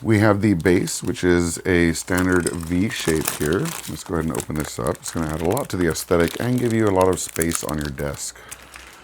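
Someone talks while handling the plastic V-shaped base of a 27-inch curved ASUS TUF monitor (180Hz, 1ms) as its stand column is readied to be pushed into it, with crinkling handling noise under the speech. The clip ends before the column goes in, so nothing has seated or clicked yet.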